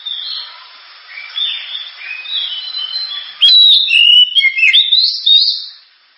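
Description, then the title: Oriental magpie-robin song starting soft and rambling, then bursting into loud, sharp whistled phrases with rapid rising and falling slurs before stopping. Loud, sharp song of a lively singing magpie-robin, suited for use as a lure to prompt other birds to sing. "Kacer Gacor Suara Tajam. Kacer Gacor Suara Super Kenceng Cocok untuk Pancingan"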